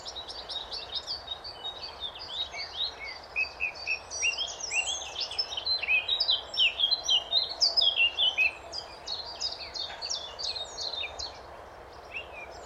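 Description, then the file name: Eurasian blackcap calls: rapid high chirps and short slurred notes, growing louder midway and fading near the end, with faint background noise. "Sylvia atricapilla"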